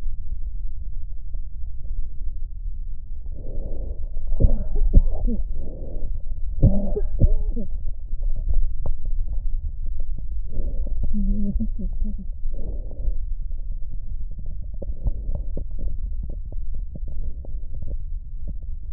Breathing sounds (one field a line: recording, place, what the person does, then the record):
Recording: lung sounds by stethoscope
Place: right posterior basal chest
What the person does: quiet breathing, then cough and speech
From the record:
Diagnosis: interstitial lung disease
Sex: female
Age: 53 years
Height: 168 cm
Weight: 108 kg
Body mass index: 38.3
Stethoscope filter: extended mode